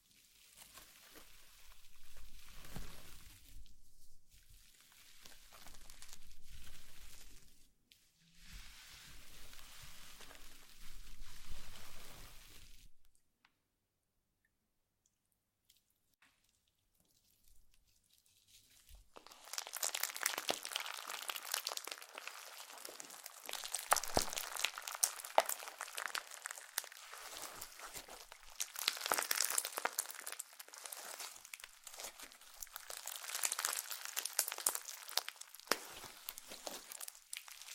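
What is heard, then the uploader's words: Slime being handled. For the first thirteen seconds it makes soft, uneven squishing bursts with gaps between them. After a pause of near silence lasting until about nineteen seconds, a dense, bright crackling and crinkling starts and runs steadily to the end. ASMR SLIME SATISFYING - NO TALKING.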